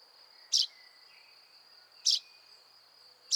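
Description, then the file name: Common chaffinch calls, short sharp high notes repeated about every one and a half seconds, three in all, over a steady high insect hum. "Fringilla coelebs"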